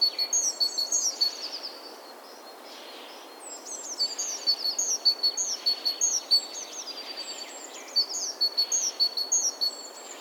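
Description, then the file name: Great tit calls: fast strings of high, clipped notes over a fine whistle, one burst at the start, a long pause, then two more bursts, with background hiss. "Parus major"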